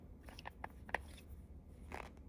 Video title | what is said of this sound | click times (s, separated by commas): How to Set up EPSON ECO-tank 2800 Step by step -Tagalog Tutorial - Aprilslife tv | Yan. Yan. Pag narinig yung click, meaning na-lock na siya. | 1.0 s